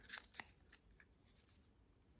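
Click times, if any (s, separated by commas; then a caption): 0.4 s. A tight clip on a DJI Osmo Pocket 3 camera accessory case is pressed closed and snaps in place with a sharp, bright click at 0.4 s, just after a faint tick at 0.3 s. Softer clicks follow at 0.7 s and 1.0 s over quiet background noise. The clip is seated snugly and will not fall out.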